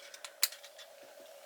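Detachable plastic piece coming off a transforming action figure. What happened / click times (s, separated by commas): The plastic piece snapped free / 0.4 s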